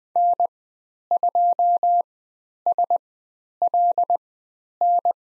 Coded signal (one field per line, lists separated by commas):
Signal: Morse code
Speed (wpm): 20 wpm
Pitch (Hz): 700 Hz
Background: none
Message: N2SLN